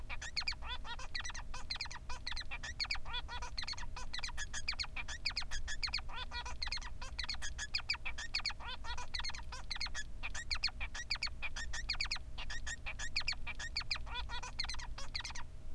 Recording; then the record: song of a male Bengalese finch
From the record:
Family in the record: son of father 3